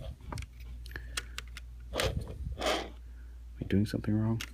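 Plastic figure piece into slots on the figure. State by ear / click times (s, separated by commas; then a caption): not seated / none. Someone tries to snap a plastic piece into the slots on a plastic figure, producing a series of small plastic taps and scrapes, then talks. The piece fails to snap into the slots, and nothing has seated or clicked yet.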